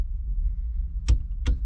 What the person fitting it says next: Okay, she's starting to snug. There's the click. And there's the click.